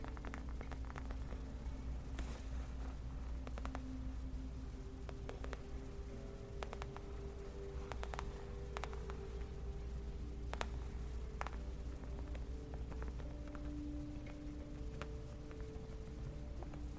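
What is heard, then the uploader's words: Soft tapping on leather comes in scattered, irregular taps throughout, some crisp, others duller, with small clusters near the middle. Underneath runs a steady low hum with a faint tonal drone, giving a constant muffled bed beneath the taps. Gentle Leather Tapping For Sleep & Relaxation.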